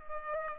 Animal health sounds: mosquito wingbeat signal from an infrared sensor; Culex pipiens

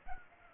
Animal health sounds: mosquito wingbeat signal from an infrared sensor; Culex pipiens

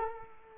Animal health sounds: mosquito wingbeat signal from an infrared sensor; Culex quinquefasciatus

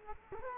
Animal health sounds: mosquito wingbeat signal from an infrared sensor; Culex quinquefasciatus

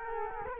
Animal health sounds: mosquito wingbeat signal from an infrared sensor; Culex quinquefasciatus

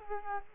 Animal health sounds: mosquito wingbeat signal from an infrared sensor; Culex quinquefasciatus

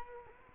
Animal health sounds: mosquito wingbeat signal from an infrared sensor; Culex quinquefasciatus

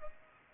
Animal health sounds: mosquito wingbeat signal from an infrared sensor; Culex pipiens

